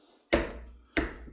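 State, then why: Torque reached. A torque wrench fitted onto the collet chuck of a Capto C6 tool holder, which sits in a 3D-printed PETG rack, is pulled back to tighten the SK collet nut. Sharp clicks ring out at 0.3 s and 1.0 s as the wrench reaches its set torque, each fading over a low background hum. The nut is tightened to torque and the tool is set.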